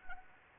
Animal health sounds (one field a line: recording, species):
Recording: mosquito wingbeat signal from an infrared sensor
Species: Anopheles arabiensis